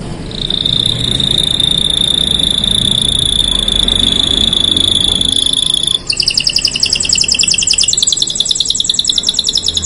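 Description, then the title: Canary song: a long level whistled note for about six seconds, then switching to rapid buzzy trills that rise slightly in pitch. Belgian canary song played to warm up canaries and get them singing; the bird is a black-red canary described as a vigorous singer. "Canto Para Esquentar Canário Belga. Suara Burung Kenari Black red Gacor Dor"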